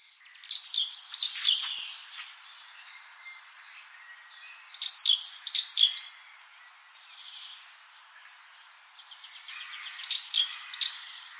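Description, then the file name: Great tit giving three separate bursts of quick, high chirping notes about four to five seconds apart, with soft twittering between them. "Parus major"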